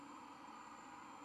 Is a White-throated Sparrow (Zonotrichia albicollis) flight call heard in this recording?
no